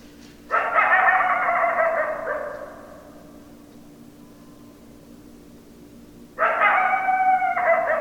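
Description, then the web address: Coyote howls, two loud harmonic wails a few seconds apart, the first sliding downward and fading, the second steady and rough, over a faint low hum. Recorded 10 December 2012; several coyotes. "sounds mammals Coyote 2012 12 10 Coyotes"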